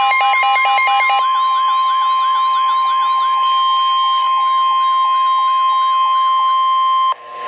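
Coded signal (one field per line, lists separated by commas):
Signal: Emergency Alert System (SAME) tones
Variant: 1050 Hz attention tone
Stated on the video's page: Tornado Warning tones received on weather radio station KEC60 in Milwaukee, Wisconsin.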